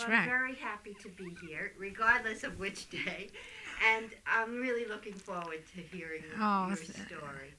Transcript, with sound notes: Well, I'm very happy to be here regardless of which day. (she laughs) And I'm really looking forward to hearing your...
Oh.
...your story.